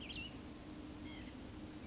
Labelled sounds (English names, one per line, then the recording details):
Cassin's Vireo
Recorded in Sonoma County, California